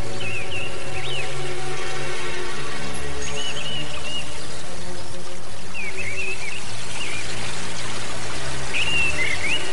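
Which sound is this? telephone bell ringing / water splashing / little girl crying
water splashing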